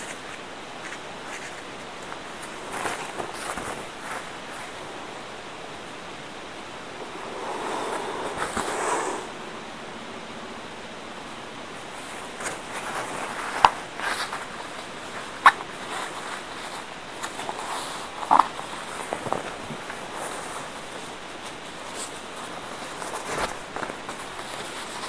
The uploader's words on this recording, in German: Eine Serviette oder ein Taschentuch, eine Schere, eine feste Unterlage auf der ihr eure Serviette ausbreiten könnt und Draht, einen Gummiring oder etwas Faden. Serviettenrosen Basteln.